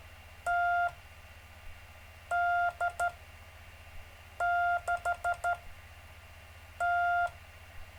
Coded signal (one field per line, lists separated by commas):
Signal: Morse code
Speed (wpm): 13 wpm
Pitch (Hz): 700 Hz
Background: none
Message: TD6T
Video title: David Casler Live Stream Morse Code 2, 3 Mar 2018